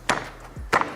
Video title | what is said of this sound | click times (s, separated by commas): UDITER W3 Review: 2*600 Watts Power Motors and Swappable Battery Design Electric Skateboard | just have to make sure it's in there all the way you hear that audible click | 0.7 s, 0.8 s